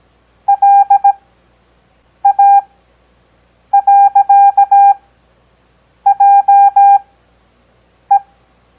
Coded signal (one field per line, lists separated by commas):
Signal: Morse code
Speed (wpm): 17 wpm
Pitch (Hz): 800 Hz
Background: none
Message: LA.JE